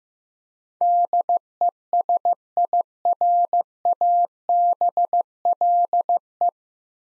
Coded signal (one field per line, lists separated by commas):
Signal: Morse code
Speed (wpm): 15 wpm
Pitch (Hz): 700 Hz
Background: none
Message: DESIRABLE